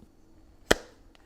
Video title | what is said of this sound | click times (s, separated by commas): Apple MagSafe Battery Pack - Is it THAT BAD? | there's a little click sound when connecting and disconnecting the pack from the iphone | 0.7 s